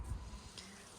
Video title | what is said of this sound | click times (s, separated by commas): Autotrail Commanche Handover Video | Just push it on and it'll click into place. | 0.6 s